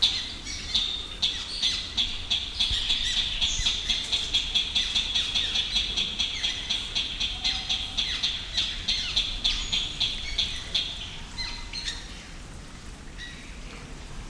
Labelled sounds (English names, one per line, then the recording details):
Red-legged Crake call
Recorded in captivity
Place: Zoo Berlin, Berlin, DE
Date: 1996-02-10 15:50
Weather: heiter bis wolkig, -11°C
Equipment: Sony MD-WM MZ-R3, Sennheiser ME 80, Kopie Uher 4000 Report Monitor
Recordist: Tembrock, Günter